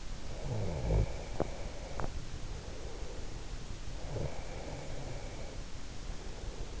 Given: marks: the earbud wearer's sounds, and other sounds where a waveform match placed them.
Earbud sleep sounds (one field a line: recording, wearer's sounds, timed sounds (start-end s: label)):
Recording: sounds in sleep by an in-ear microphone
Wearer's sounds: snoring breath, breath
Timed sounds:
0.24-3.28 s: snoring breath
4.09-6.80 s: breath